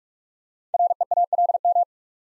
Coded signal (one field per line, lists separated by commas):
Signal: Morse code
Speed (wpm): 44 wpm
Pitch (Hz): 700 Hz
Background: none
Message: REALM